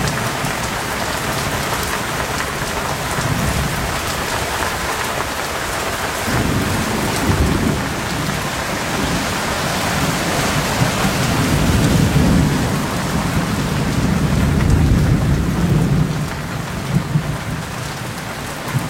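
Heavy rain with deep rumbling pours steadily, a dense hiss spread evenly across the whole clip. Low rolling rumbles swell from about six seconds on, peaking around twelve to fifteen seconds like thunder, then ease slightly near the end.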